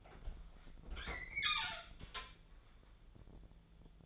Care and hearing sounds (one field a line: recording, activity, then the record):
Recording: daily activity, microphone in the room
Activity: open fridge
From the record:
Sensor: 5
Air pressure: 1000.2 hPa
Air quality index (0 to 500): 104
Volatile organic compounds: 1 ppm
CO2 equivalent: 834 ppm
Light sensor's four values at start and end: 235/559/238/261 and 236/562/240/263